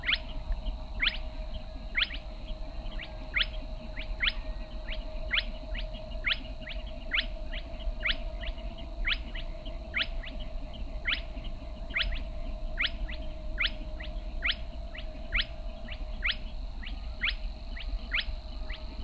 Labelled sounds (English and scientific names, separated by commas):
Spotted Crake (Porzana porzana)